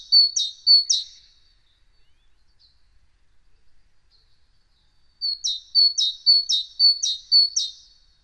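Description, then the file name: Great tit: a few bright two-note phrases, a quiet gap of about four seconds, then six more phrases at a quick, regular tempo. "Parus major"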